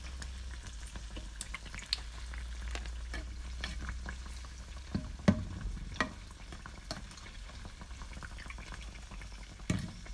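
Fried Oreos and funnel sticks crackle in a steady low sizzle, with scattered sharp pops and clicks, the loudest near five and ten seconds.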